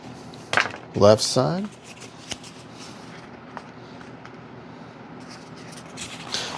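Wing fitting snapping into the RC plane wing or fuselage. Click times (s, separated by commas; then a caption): 0.6 s. A wing part is pushed into the left wing of a foam Dynam EMB-312 Tucano RC warbird during assembly and snaps into place with a sharp, loud click at 0.6 s. The fitting is confirmed seated in the wing or fuselage. Someone talks over faint handling noises afterward.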